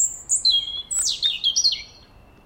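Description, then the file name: European robin giving a short burst of high, thin whistles and quick descending slurs, some notes wavering, then trailing off into quiet. "Erithacus rubecula"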